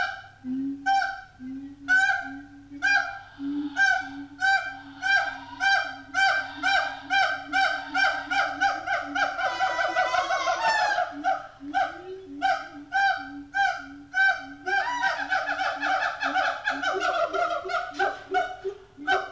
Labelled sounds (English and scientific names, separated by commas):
Siamang (Symphalangus syndactylus)